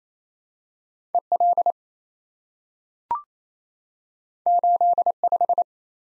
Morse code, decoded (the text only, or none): EL 85